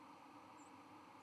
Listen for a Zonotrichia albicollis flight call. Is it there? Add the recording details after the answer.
no. Another species' flight call is heard. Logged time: 09:17 on 31 October 2014